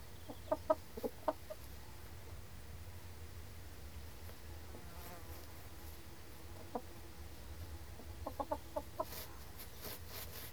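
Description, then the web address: Chickens scratching, with brief soft clucks in short clusters near the start and end over a constant low hum. Chickens scratching; livestock. "The BBC Sound Effects Library. Chickens Scratching"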